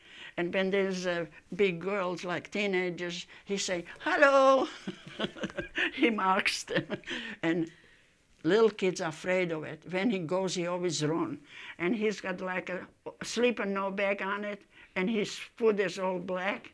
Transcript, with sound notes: And when there's big girls like teenagers he say, hello! He mocks them. (laughing) And little kids afraid of it. When he goes, he always run. And he's got like a sleeping bag on it, and his foot is all black.